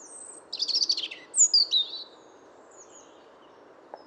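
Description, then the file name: European robin song: a rapid trilled burst followed by clear, high, sliding whistled notes, then quiet with faint background hiss. "Erithacus rubecula"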